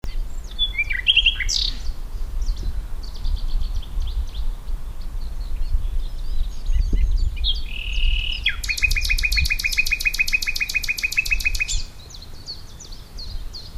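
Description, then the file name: Common nightingale song with short chirps and whistled notes, then a long rapid mechanical trill lasting about three seconds, against steady low-frequency noise. "Luscinia megarhynchos"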